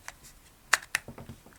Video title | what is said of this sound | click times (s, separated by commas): SKODA FABIA Headlight switch + Removal Fix (MK1 99-07) | This is one of the early part numbers, and simply push that in till it clicks. | 0.7 s, 1.0 s